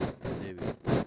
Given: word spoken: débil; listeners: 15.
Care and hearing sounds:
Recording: one Spanish word in noise, from a listening test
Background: noise modulated by one talker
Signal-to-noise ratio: -7.5 dB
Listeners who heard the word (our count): 2 of 15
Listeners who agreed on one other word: 7 of 15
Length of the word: 0.67 s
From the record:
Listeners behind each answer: 7, 2, 1, 1, 1, 1, 1, 1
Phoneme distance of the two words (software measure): 17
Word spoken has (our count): 2 syllables, 5 phonemes, stress on syllable 1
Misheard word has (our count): 2 syllables, 4 phonemes, stress on syllable 1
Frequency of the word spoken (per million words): 30.46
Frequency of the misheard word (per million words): 486.56

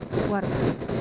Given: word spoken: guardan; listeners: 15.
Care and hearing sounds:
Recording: one Spanish word in noise, from a listening test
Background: noise modulated by three-talker babble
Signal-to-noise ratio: -4.5 dB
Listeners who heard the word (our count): 1 of 15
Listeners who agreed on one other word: 7 of 15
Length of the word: 0.61 s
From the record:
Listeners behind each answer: 7, 5, 2, 1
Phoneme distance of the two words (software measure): 37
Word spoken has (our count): 2 syllables, 7 phonemes, stress on syllable 1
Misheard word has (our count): 2 syllables, 6 phonemes, stress on syllable 1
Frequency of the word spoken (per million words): 8.60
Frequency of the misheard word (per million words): 122.71

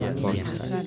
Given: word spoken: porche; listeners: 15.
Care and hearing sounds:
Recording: one Spanish word in noise, from a listening test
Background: eight-talker babble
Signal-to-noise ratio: -3.8 dB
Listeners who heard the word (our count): 1 of 15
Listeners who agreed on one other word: 6 of 15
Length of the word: 0.47 s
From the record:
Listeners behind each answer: 6, 2, 1, 1, 1, 1, 1, 1, 1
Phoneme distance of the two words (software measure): 44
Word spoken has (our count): 2 syllables, 5 phonemes, stress on syllable 1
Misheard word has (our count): 2 syllables, 5 phonemes, stress on syllable 1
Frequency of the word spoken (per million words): 1.95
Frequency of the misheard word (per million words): 390.53

